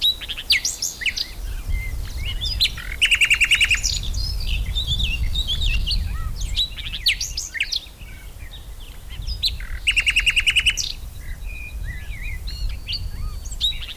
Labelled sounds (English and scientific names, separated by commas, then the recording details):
Eurasian Blackcap (Sylvia atricapilla) song
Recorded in the wild
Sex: male
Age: adult
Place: Blankenfelde, Berlin, DE
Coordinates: 52.62, 13.37
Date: 1999-05-02 12:02
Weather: fair, 11 - 15°C
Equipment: Nagra SN, Kopie Uher 4000 Report Monitor
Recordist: Tembrock, Günter